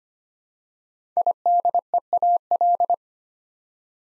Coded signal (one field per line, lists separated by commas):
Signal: Morse code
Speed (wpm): 25 wpm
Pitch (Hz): 700 Hz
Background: none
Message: IDEAL